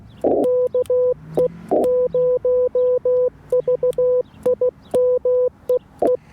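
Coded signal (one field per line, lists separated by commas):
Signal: Morse code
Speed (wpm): 15 wpm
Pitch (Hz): 500 Hz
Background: music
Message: KE0VIM EE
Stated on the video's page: Morse sent with US Morse Paddles on a Yaesu FT-891 at 25 watts into a 17-ft whip on a mag-mount, during a POTA-style activation from a hotel.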